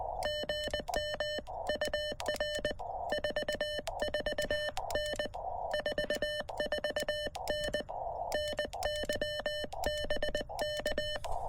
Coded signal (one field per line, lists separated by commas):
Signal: Morse code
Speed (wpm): 20 wpm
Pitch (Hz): 3000 Hz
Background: none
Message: GM UR 44N 44N NYBK